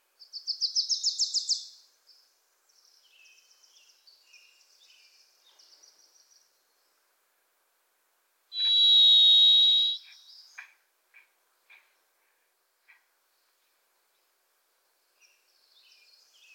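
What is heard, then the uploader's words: A Varied Thrush sings from deep within the trees, its song ringing with a reverberant quality. The opening buzzy, pulsing trill fades into softer, thinner phrases, and a loud, steady whistled tone swells around nine seconds before sparse clicks and faint notes follow. The Varied Thrush, Ixoreus naevius, is a wisp in the forests of the Pacific Northwest.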